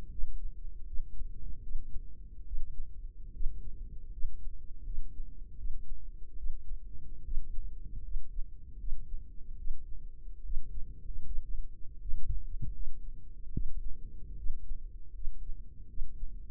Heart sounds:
heart sounds by microphone in the left ear; 76 bpm
0.11 s: heartbeat
0.87 s: heartbeat
1.63 s: heartbeat
2.47 s: heartbeat
3.34 s: heartbeat
4.13 s: heartbeat
4.86 s: heartbeat
5.58 s: heartbeat
6.38 s: heartbeat
7.25 s: heartbeat
8.04 s: heartbeat
8.79 s: heartbeat
9.58 s: heartbeat
10.45 s: heartbeat
11.26 s: heartbeat
12.01 s: heartbeat
12.75 s: heartbeat
13.53 s: heartbeat
14.38 s: heartbeat
15.14 s: heartbeat
15.89 s: heartbeat
From the record:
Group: healthy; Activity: rest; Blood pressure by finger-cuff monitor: 109/65 mmHg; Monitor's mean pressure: 77 mmHg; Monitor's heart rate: 76 bpm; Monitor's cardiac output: 6 L/min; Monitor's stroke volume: 80 mL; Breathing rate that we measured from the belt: 17 breaths a minute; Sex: female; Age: 36 years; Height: 163 cm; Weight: 88 kg

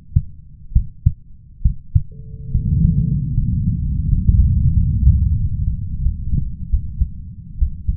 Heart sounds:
heart sounds by stethoscope; 79 bpm
0.73 s: heartbeat
1.62 s: heartbeat
2.51 s: heartbeat
3.34 s: heartbeat
4.08 s: heartbeat
4.74 s: heartbeat
5.36 s: heartbeat
6.02 s: heartbeat
6.69 s: heartbeat
7.58 s: heartbeat
From the record:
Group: healthy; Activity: rest 0-1 s, breath hold 1-8 s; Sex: male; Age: 21 years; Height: 170 cm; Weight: 71 kg

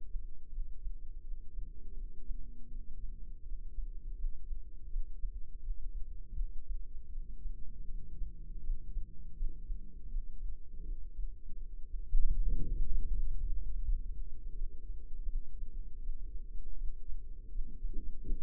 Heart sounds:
heart sounds by microphone in the left ear; 81 bpm
0.49 s: heartbeat
1.21 s: heartbeat
1.94 s: heartbeat
2.68 s: heartbeat
3.42 s: heartbeat
4.15 s: heartbeat
4.87 s: heartbeat
5.60 s: heartbeat
6.34 s: heartbeat
7.09 s: heartbeat
7.85 s: heartbeat
8.61 s: heartbeat
9.34 s: heartbeat
10.08 s: heartbeat
10.82 s: heartbeat
11.57 s: heartbeat
12.35 s: heartbeat
13.10 s: heartbeat
13.82 s: heartbeat
14.53 s: heartbeat
15.25 s: heartbeat
15.98 s: heartbeat
16.73 s: heartbeat
17.48 s: heartbeat
18.22 s: heartbeat
From the record:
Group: healthy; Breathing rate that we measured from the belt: 13 breaths a minute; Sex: female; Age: 51 years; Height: 162 cm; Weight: 70.04 kg

